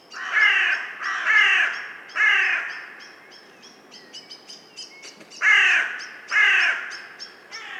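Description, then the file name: Carrion crow cawing, harsh hoarse caws, three then two, with a high rhythmic chirping from another bird running through the background. "Corvus corone"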